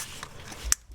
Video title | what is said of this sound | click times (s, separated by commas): MITSUBISHI 3000GT REVERSE GEAR LIGHT SWITCH REPLACEMENT | okay, you hear the snap, | 0.7 s